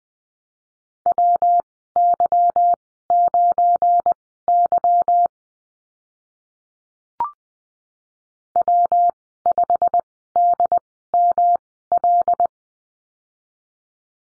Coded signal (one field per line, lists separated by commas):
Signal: Morse code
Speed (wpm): 19 wpm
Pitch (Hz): 700 Hz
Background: none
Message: WY9Y W5DML